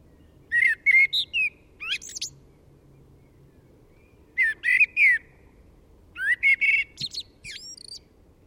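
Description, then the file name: Eurasian blackbird with three short song phrases, each a few rich fluted notes followed by high squeaky flourishes, spaced roughly one to two seconds apart. "Turdus merula"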